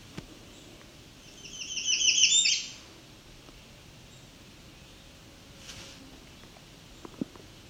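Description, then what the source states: American Redstart song: a brief, high series of fast, sibilant notes that grows louder and ends sharply, followed by quiet with a few faint clicks. Flying from tree to tree, singing and eating bugs, in a quiet spot along a trail.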